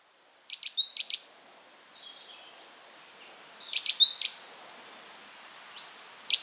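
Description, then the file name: Great tit calls: short clusters of sharp clicking notes, spaced by quiet gaps, with faint thin notes between. "Parus major"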